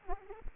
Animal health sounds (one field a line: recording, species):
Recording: mosquito wingbeat signal from an infrared sensor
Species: Aedes aegypti